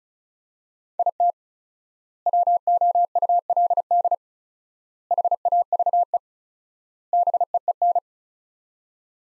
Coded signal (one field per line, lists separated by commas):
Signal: Morse code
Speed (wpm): 36 wpm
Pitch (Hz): 700 Hz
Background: none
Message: IT WOULD HAVE BEEN